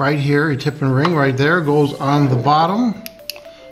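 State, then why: Seated. A modular phone line plug is pushed into the jack on the bottom of an AT&T 210M Basic Trimline corded phone base, which is white and wall-mountable. Someone talks for most of the clip, then the plug seats with a sharp click at 3.3 s, followed by a faint tick just after.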